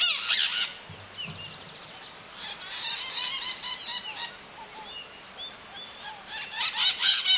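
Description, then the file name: Parrot squawking in harsh bursts at the start, in the middle and again at the end, with softer chattering notes between them. "Maritaca"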